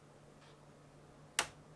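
A plastic retaining clip is pressed back onto the water line couplings at the dual water inlet valve (part WR57X10098) in the door of a GE refrigerator; it is one of three clips, the largest of which goes on the left. Against a quiet background with a low steady hum, a single sharp, bright snap sounds at 1.4 s and decays quickly. The clip snaps on and is seated.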